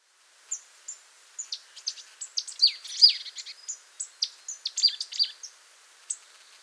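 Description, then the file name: Marsh tit giving rapid, high-pitched chips mixed with sharp downward-sliding notes, densest around the middle before thinning out. "Poecile palustris"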